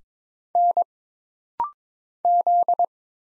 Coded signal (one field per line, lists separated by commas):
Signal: Morse code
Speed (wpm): 22 wpm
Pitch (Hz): 700 Hz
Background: none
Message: N Z